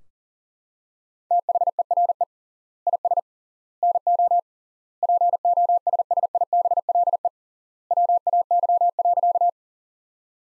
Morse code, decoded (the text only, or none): THERE IS NO POSSIBLE WAY.